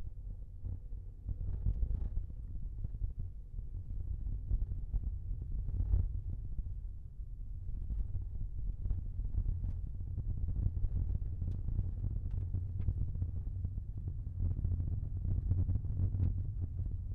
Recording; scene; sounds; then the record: everyday scene through a hearing-aid microphone; in a vehicle; engine, rumble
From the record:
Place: Skoda Fabia, gasoline engine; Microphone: behind the ear, left, rear